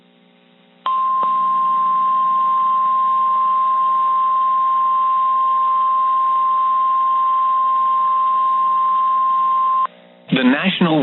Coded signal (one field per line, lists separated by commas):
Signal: Emergency Alert System (SAME) tones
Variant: 1050 Hz attention tone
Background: speech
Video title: Severe Thunderstorm Warning (1/8/26) [EAS #354]